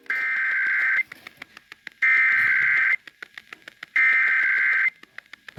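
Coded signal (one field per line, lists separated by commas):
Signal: Emergency Alert System (SAME) tones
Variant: header bursts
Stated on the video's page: Tornado drill alerts.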